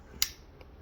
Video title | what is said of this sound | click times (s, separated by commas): Bauer Cordless Rotary Tool From Harbor Freight Review | All right, once you hear that click, you know it's good | 0.2 s